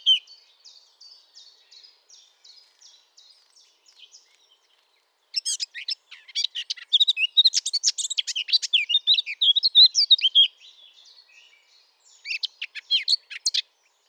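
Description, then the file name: Eurasian blackcap singing: a quiet run of high, evenly repeated twitters, a gap, then a loud burst of fast, varied warbling, and a final short chattering phrase. "Sylvia atricapilla"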